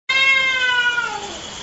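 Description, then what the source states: Domestic cat yowl, a long, loud, harmonic-rich wail held steady, then sliding downward in pitch. Male cat giving a mating call.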